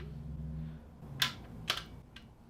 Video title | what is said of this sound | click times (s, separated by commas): Part 8 - Refitting Clutch Slave Cylinder, Alternator, Water Pump, Inlet Manifold onto MNII R50 🚗 | there's our click | 1.7 s